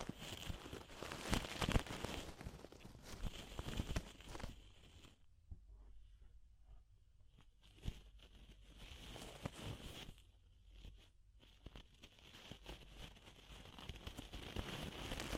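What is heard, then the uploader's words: Ear-cleaning sounds made of dense, crackly rustling and tapping, busiest in the first five seconds with a few sharp pops around two seconds. Quieter stretches follow near six and eleven seconds, broken by scattered clicks, before the scratchy rubbing builds again toward the end. ASMR DEEP Ear Penetrating Cleaning (No Talking).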